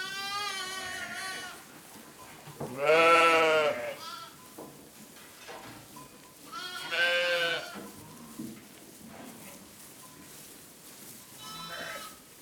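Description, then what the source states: Sheep bleating at intervals: a faint bleat, then two loud quavering bleats about four seconds apart, and a last quieter one near the end. Ewe.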